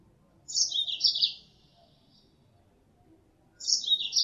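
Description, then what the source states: Mozambique canary calling in sharp, high chirping bursts roughly three seconds apart, each a tumbling run of notes. Female; lure sound.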